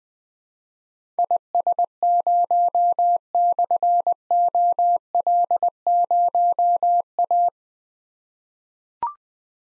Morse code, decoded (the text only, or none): IS0/OL0A